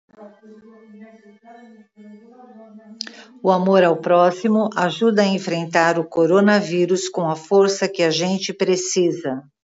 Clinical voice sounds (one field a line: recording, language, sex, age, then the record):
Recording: spoken sentence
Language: Brazilian Portuguese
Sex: female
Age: 60 to 69 years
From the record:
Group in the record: control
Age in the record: 60 years